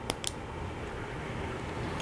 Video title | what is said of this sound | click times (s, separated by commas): Anderson Powerpole Connectors | slide it in there a little bit and push it till it clicks | 0.1 s, 0.3 s